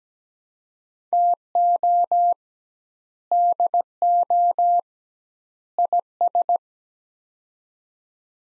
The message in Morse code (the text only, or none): TO DO IS